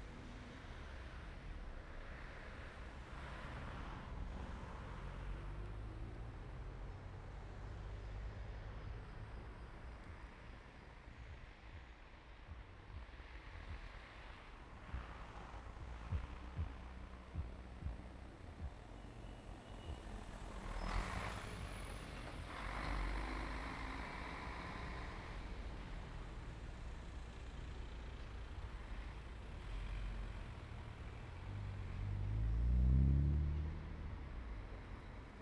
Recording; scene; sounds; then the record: everyday scene through a hearing-aid microphone; in traffic; traffic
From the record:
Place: main road on the outskirts, rush hour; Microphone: behind the ear, right, rear